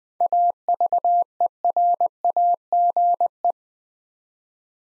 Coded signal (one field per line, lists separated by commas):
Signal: Morse code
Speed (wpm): 20 wpm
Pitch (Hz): 700 Hz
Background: none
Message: AVERAGE